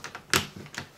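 A latch on an accordion carrying case is closed by sliding its button over, letting it slide back and holding it. Light taps come at 0.0 s and 0.2 s, then the latch snaps shut with a sharp, loud click at 0.3 s, followed by a softer click at 0.8 s. The latch is seated shut.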